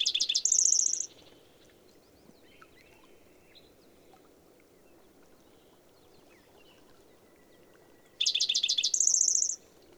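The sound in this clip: Bird song heard twice, each phrase a burst of rapid chirps ending in a high, fast trill, separated by several seconds of faint background hiss.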